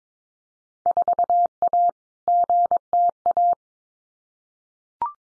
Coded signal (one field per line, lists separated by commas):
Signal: Morse code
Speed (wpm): 22 wpm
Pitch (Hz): 700 Hz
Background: none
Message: 4A GTA